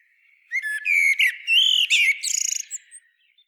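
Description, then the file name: Common blackbird singing one phrase of fluty, warbled whistles that ends in a high, rapid twittering flourish, then falls silent. "Turdus merula"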